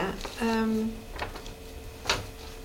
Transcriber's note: turns pages